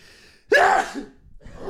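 Adult. A single loud, unintentional sneeze, about 150% as loud as the person's usual sneeze.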